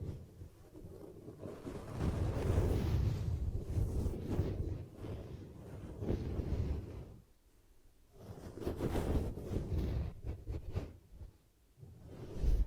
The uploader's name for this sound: ASMR 10 Ear Cupping Triggers